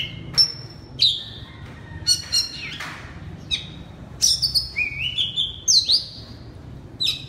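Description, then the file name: Oriental magpie-robin song: loud, varied whistled phrases, sliding notes and sharp chirps in bursts separated by short pauses. Loud song of the kacer in the ngeplong style. "suara kacer ngeplong keras"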